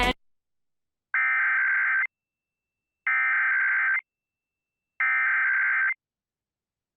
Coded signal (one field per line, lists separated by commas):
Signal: Emergency Alert System (SAME) tones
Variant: header bursts